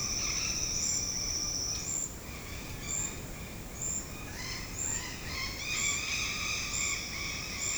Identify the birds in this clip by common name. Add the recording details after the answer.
Red-bellied Macaw. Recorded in secondary vegetation near Puerto Asís, Putumayo, Colombia, on 21 February 2024 at 08:30. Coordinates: 0.472, -76.331. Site G6371